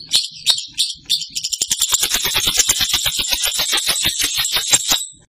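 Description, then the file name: Long-tailed shrike song: a few high notes, then a fast, harsh rattling chatter held for several seconds before it stops. "cendet samohong"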